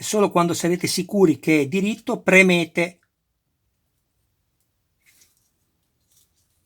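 Someone talks for about three seconds while a small plastic spark plug pin is lined up straight to be pressed into the cylinder head of a 1:8 scale Lancia Stratos HF model car, number 9 in Alitalia livery. After the talking stops, only a few very faint ticks are heard, near 4.6, 5.4 and 6.1 seconds. The pin has not seated or clicked home yet.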